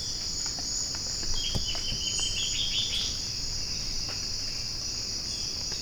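Bird delivers a single fast run of high tumbling notes lasting under two seconds, while a continuous shrill insect drone goes on throughout.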